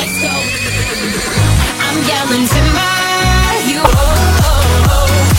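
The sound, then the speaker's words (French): A horse being ridden in a Texas-themed Fun Radio segment whinnies loudly with a high, quavering neigh that rises and falls, followed by snorting breaths and a few low thumps, all set over a dense, busy background. “Pendant que Toff monte son cheval.”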